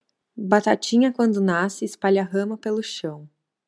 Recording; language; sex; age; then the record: short text; Brazilian Portuguese; female; 20 to 29 years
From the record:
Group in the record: control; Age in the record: 22 years